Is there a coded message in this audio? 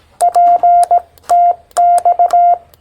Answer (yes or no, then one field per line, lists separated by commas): yes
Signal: Morse code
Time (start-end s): 0.2-2.5 s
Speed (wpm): 18 wpm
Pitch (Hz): 700 Hz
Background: none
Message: PTX